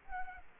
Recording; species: mosquito wingbeat signal from an infrared sensor; Culex quinquefasciatus